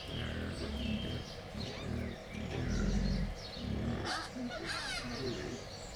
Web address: allathangok jaszberenyizoo 2015 professzionalis vaddiszno etetesrefelajzva c 04 28